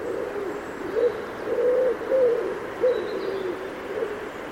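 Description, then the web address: Bird giving low hollow coos in a rolling series, some notes drawn out, over a steady background hiss with a faint higher chirp. "Bird Only"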